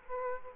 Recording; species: mosquito wingbeat signal from an infrared sensor; Culex quinquefasciatus